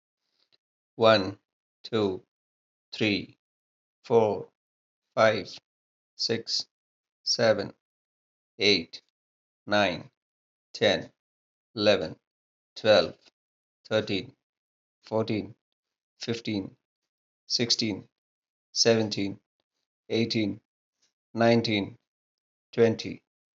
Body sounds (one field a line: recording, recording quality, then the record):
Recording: counting at a normal pace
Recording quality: excellent, no background noise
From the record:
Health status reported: healthy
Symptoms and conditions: none ticked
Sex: male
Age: 54 years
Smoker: not ticked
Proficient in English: yes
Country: India